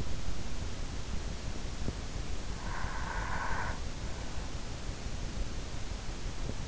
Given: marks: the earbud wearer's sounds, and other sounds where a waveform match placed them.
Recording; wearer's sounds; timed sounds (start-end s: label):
sounds in sleep by an in-ear microphone; breath
2.24-4.00 s: breath